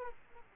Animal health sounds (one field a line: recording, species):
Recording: mosquito wingbeat signal from an infrared sensor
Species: Aedes aegypti